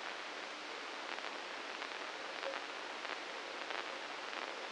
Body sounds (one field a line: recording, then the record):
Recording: brain microelectrode recording played as sound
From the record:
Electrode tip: inside the subthalamic nucleus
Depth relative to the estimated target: 0 mm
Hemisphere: right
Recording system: NeuroSet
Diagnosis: Parkinson's disease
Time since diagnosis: 9 years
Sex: male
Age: 61 years